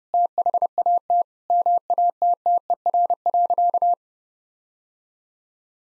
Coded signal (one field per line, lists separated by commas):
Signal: Morse code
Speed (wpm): 30 wpm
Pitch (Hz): 700 Hz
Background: none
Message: THAT MATTER.